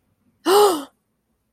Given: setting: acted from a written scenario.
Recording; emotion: vocal sound without words; negative surprise